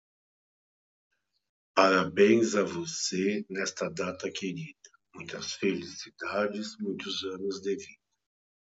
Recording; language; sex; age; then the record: short text; Brazilian Portuguese; male; 50 to 59 years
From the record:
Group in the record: control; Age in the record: 53 years